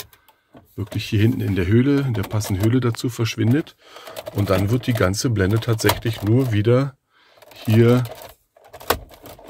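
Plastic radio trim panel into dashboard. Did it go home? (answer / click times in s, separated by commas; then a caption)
yes / 8.9 s. Someone talks while a plastic radio trim panel is carefully pressed back in all around the dashboard of a Vito 447, refitted after rattling was fixed. A sharp click at 8.9 s marks the clips latching, and the panel is seated.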